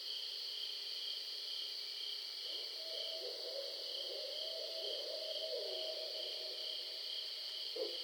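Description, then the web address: Barred owl giving a drawn-out low hooting call lasting several seconds, partly masked by a loud, steady high drone. Recorded on 20 July 2012. "Barred Owl 2012 07 20"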